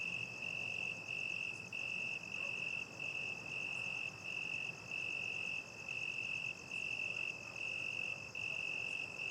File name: Night time crickets distant dogs and traffic ambience